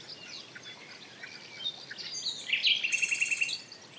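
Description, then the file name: Common nightingale song, a soft varied opening building into a fast run of repeated sharp notes near the end. "Luscinia megarhynchos"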